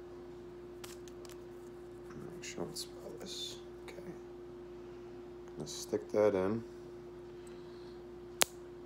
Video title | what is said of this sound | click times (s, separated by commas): How to replace dexcom G6 cgm sensor | and you'll hear it click in place. | 8.4 s